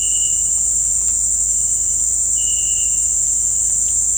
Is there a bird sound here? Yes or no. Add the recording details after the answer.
no. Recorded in dense forest near Puerto Asís, Putumayo, Colombia, on 21 December 2024 at 18:00. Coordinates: 0.481, -76.323. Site G100